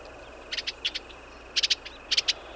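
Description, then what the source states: Eastern Bluebird chatter: brief clusters of two or three sharp, high notes, with several clusters spread throughout over a faint background hiss. Chatter call given when bickering, perhaps between male and female, or when complaining about a raptor nearby.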